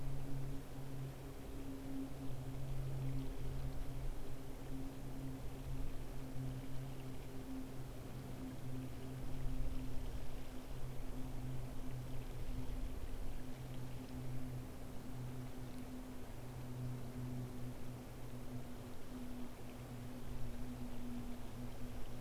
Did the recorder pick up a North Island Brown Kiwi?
no